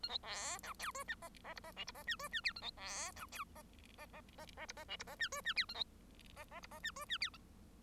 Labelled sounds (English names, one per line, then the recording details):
Bengalese Finch song
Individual Bird1